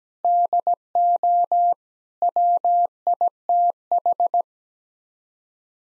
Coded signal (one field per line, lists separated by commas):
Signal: Morse code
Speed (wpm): 17 wpm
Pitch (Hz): 700 Hz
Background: none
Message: DO WITH